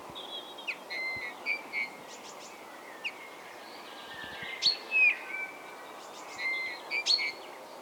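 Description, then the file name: Bird calls: short clear whistled notes and quick chirps, some sliding in pitch, repeated in loose bursts over a soft hiss of background noise. "XENO CANTO"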